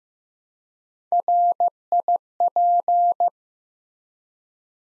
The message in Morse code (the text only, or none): RIP